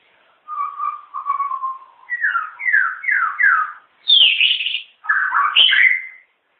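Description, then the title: White-rumped shama song: rich varied whistled phrases, a low fluty opening, then a run of four repeated falling slurred notes and bright high warbling flourishes. "murai batu"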